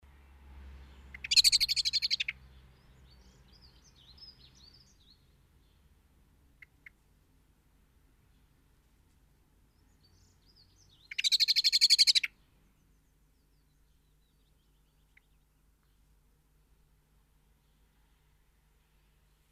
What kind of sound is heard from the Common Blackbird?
call